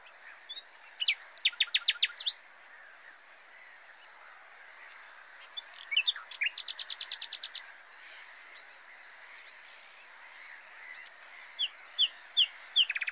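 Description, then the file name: Common nightingale song: bursts of rapid, sharply repeated notes, a pulsed series near seven seconds, then scattered whistled notes over steady background hiss. "Luscinia megarhynchos"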